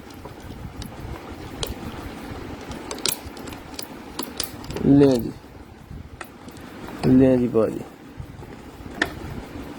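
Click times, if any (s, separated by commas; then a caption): 9.0 s. A small plastic storage container for sweets or snacks has its lid pressed shut, and it locks with one sharp click at 9.0 s. Before that there are scattered handling taps and clatters, and someone talks twice in the middle of the clip. The lid is locked shut.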